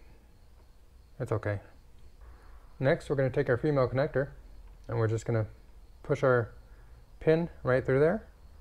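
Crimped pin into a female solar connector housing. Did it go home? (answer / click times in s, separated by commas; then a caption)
no / none. Someone talks while handling a crimped metal pin on a solar cable and a plastic female MC4 connector housing, preparing to push the pin through until it snaps in place. Only speech is heard, in bursts over a low steady background. Nothing has seated or clicked yet.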